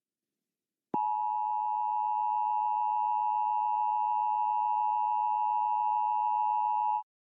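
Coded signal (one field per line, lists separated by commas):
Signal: Emergency Alert System (SAME) tones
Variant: 853 and 960 Hz attention tone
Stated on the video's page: Fictional custom EAS scenario, not a real alert.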